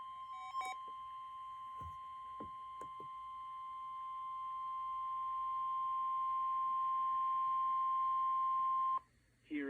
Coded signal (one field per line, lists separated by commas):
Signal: Emergency Alert System (SAME) tones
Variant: 1050 Hz attention tone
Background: speech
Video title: 1/16/22 Winter Storm Warning (EAS #108)